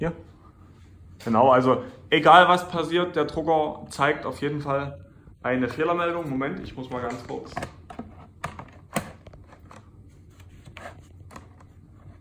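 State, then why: Not seated. Someone talks while handling the paper or ink ribbon cassette of a dye-sublimation photo printer after the printer shows an error. Sharp handling knocks and clacks follow at about 8.4, 8.6, 9.0, 10.8 and 11.4 seconds. Nothing has seated or clicked yet.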